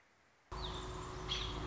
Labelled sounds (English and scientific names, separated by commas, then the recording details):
American Robin (Turdus migratorius)
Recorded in Sonoma County, California